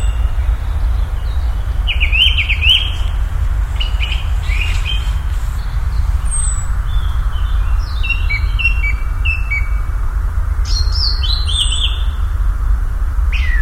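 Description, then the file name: Common nightingale singing varied phrases of slurred whistles and rapid trills separated by short pauses, against steady low rumbling noise. "Nachtigall"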